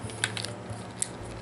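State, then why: Seated. A speedlight flash's foot is slid into the hot shoe on a camera body after first being tried the wrong way round. A few sharp plastic ticks and scrapes come at about 0.2–0.5 s, then a single crisp click at 1.0 s as the flash locks in. The click shows the flash is seated properly on the camera.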